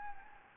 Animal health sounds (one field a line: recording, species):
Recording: mosquito wingbeat signal from an infrared sensor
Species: Anopheles gambiae